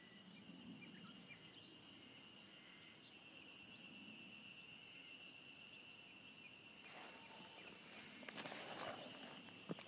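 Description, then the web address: Ezo harusemi cicada song, an unbroken high drone running the whole time, with footsteps and rustling joining near the end. Recorded just before Mount Tanzawa, Japan, on 1 June 2015. "2015 06 01 エゾハルゼミ丹沢山手前"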